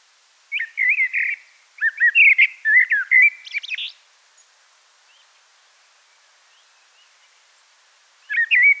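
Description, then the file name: Common blackbird: a long, varied warbling phrase of low fluty notes and squeaky flourishes, a pause of several seconds, then another phrase begins. "Turdus merula"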